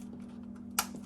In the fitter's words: and it locks in place. And again, keeps the weapon in there nice and tight.